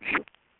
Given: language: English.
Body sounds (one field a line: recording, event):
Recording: throat vibration sensor signal played as sound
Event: swallow